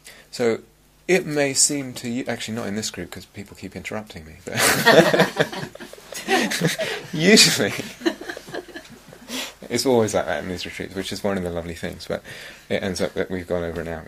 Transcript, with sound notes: So it may seem to you -- actually, not in this group, because people keep interrupting me, but... [laughter] It's always like that in this retreat, which is one of the lovely things, but it ends up that we've gone over an hour.